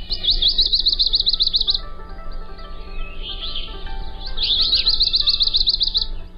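Wilson's Warbler song: a rapid chattering series of sharp chips, given twice.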